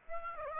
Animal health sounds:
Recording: mosquito wingbeat signal from an infrared sensor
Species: Aedes aegypti

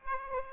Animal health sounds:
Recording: mosquito wingbeat signal from an infrared sensor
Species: Aedes aegypti

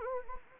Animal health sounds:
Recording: mosquito wingbeat signal from an infrared sensor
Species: Anopheles gambiae

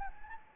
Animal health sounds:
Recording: mosquito wingbeat signal from an infrared sensor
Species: Anopheles gambiae

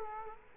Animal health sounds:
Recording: mosquito wingbeat signal from an infrared sensor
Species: Culex quinquefasciatus

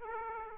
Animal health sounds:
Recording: mosquito wingbeat signal from an infrared sensor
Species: Aedes aegypti

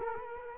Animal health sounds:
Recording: mosquito wingbeat signal from an infrared sensor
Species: Culex quinquefasciatus

